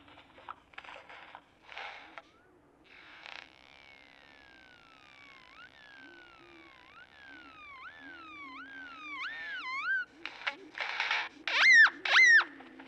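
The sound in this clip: Great-tailed grackle song: long sliding whistles rising and falling, growing louder into loud upslurred whistles and harsh noisy bursts near the end.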